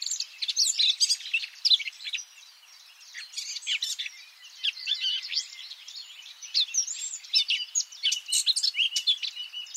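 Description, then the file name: Eurasian blackcap song: rapid, varied high warbling and chattering phrases, with a short lull after two seconds before the busy notes resume. "Sylvia atricapilla"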